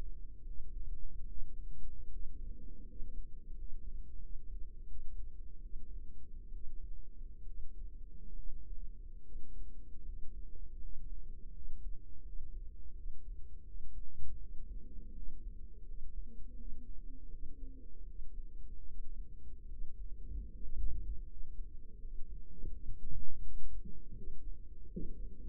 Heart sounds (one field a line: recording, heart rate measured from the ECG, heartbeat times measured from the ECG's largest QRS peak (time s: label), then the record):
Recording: heart sounds by microphone in the right ear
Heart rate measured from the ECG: 79 bpm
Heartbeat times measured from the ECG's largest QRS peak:
0.45 s: heartbeat
1.26 s: heartbeat
2.10 s: heartbeat
2.86 s: heartbeat
3.55 s: heartbeat
4.20 s: heartbeat
4.86 s: heartbeat
5.61 s: heartbeat
6.52 s: heartbeat
7.45 s: heartbeat
8.34 s: heartbeat
9.22 s: heartbeat
10.04 s: heartbeat
10.80 s: heartbeat
11.52 s: heartbeat
12.23 s: heartbeat
12.94 s: heartbeat
13.65 s: heartbeat
14.39 s: heartbeat
15.13 s: heartbeat
15.85 s: heartbeat
16.56 s: heartbeat
17.30 s: heartbeat
18.06 s: heartbeat
18.87 s: heartbeat
19.68 s: heartbeat
20.51 s: heartbeat
21.27 s: heartbeat
22.00 s: heartbeat
22.71 s: heartbeat
23.41 s: heartbeat
24.14 s: heartbeat
24.90 s: heartbeat
From the record:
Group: healthy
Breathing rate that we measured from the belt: 11 breaths a minute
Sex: male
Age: 23 years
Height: 179 cm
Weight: 87 kg